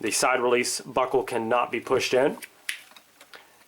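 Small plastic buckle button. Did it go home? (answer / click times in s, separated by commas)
released / 2.7 s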